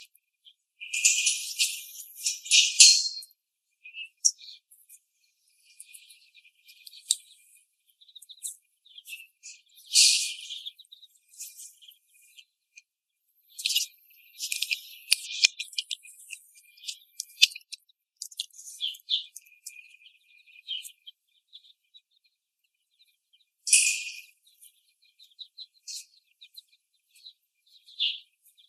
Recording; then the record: young laying hens in a cage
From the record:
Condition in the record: before the stressor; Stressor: simulated dog barking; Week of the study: 1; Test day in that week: 1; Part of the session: 1